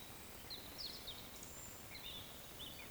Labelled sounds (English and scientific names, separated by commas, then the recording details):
Eurasian Woodcock (Scolopax rusticola)
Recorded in Baden-Württemberg, Germany, on 16 June 2020 at 19:56 UTC
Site 14569, 102 m above sea level